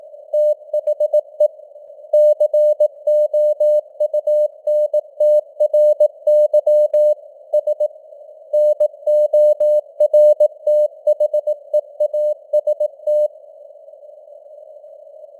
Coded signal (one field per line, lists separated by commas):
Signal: Morse code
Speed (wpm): 18 wpm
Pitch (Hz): 600 Hz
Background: none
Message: THE COUNTRY S NORTHEAST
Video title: Morse Code News | 2025-12-12 | 18wpm